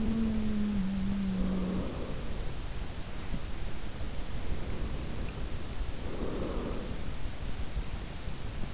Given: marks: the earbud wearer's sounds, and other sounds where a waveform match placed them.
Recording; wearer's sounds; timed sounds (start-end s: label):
sounds in sleep by an in-ear microphone; breath
0.00-3.31 s: breath
4.22-7.21 s: breath